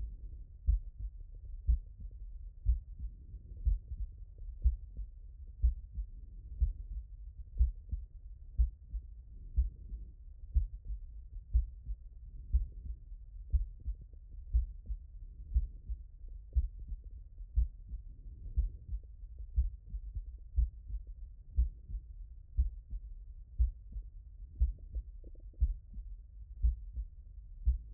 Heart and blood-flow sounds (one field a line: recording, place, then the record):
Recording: heart sounds by stethoscope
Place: tricuspid valve (TV)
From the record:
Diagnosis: non-HFrEF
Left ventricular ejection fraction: 51%